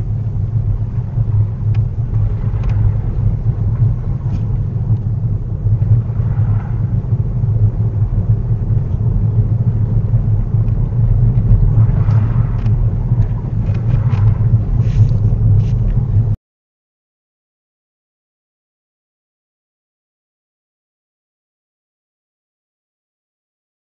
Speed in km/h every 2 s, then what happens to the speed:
15, 15, 16, 19, 21, 21, 19, 19, 8, 0, 0, 0.
0-7 speeds up to 21. 7-14 steady at about 19. 14-17 brakes to 0. 17-24 standing.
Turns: none.